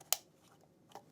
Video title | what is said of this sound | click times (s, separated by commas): Setting up Camera Options in Total Connect 2 0 on a Tablet | Listen for that click and that proves that they are together. | 0.1 s